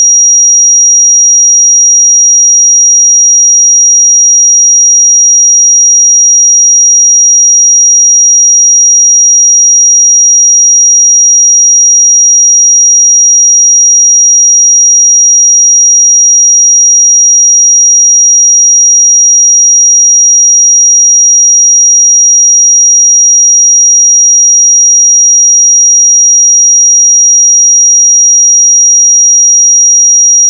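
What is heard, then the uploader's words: A pure sine tone at 5721 Hz holds perfectly steady for the full thirty seconds, a thin, piercing high whistle. Its loudness never wavers, with no pulsing, breaks or pitch drift, and nothing else can be heard behind it. 5721 Hz 1 Hz Interval Sine Pure Tone Frequency 441000 Sample Mono.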